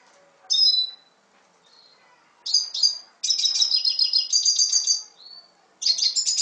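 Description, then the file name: Red siskin song: bursts of high, rapid twittering trills separated by short pauses, with thin whistled notes between phrases. "Canto del Cardenalito"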